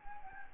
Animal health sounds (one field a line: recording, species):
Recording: mosquito wingbeat signal from an infrared sensor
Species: Anopheles gambiae